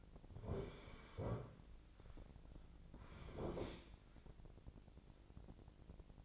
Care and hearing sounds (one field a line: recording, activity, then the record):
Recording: daily activity, microphone in the room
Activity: sit down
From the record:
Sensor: 5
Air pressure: 1009.3 hPa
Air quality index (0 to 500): 160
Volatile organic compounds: 2 ppm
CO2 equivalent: 1226 ppm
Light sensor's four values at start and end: 245/591/248/269 and 244/589/248/268